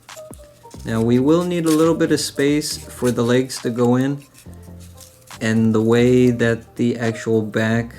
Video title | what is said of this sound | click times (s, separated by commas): Flamingo STEM Kits | and that should snap into place | 0.3 s